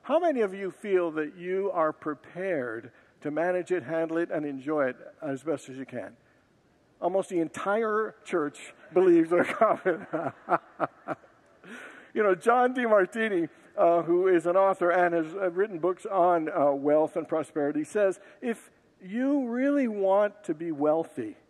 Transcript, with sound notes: how many of you feel that you are prepared to manage it, handle it, and enjoy it as best as you can? Almost the entire church believes they’re prepared. [Laughs] You know, John Demartini — who is an author and has written books on wealth and prosperity — says if you really want to be wealthy…